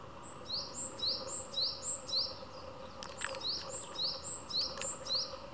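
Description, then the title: Japanese tit song, paired high and lower notes repeated steadily about twice a second, with a few brief clicks midway. Tsu-pee tsu-pee song; partway through, the tone and rhythm of the voice change subtly. "シジュウカラのつーぴーつーぴーを聞くだけ"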